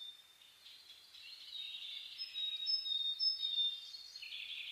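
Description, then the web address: Dawn chorus of birds, a busy mix of high twittering and whistles that builds steadily, peaking a little after three seconds. Dawn chorus (reimei) of birdsong (saezuri) recorded 10 May 2010 at 04:01. "reimei -saezuri-20100510"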